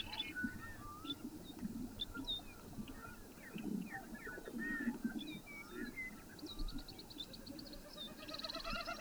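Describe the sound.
Bird calls: scattered short whistles and slurred chirps, some rising and falling, a fast trill toward the end, over a low background rumble.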